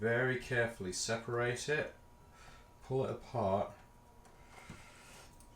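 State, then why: Not seated. On a Ducati Scrambler fork rebuild, a split fork bushing is carefully pulled apart and positioned on the motorcycle fork tube, ready to be pushed down to snap into place. Someone talks during the first four seconds, followed by faint handling noise and a small tick near 5.4 s. The bushing has not yet been pushed down, and nothing has seated or clicked.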